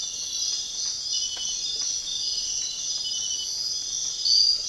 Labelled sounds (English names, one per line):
none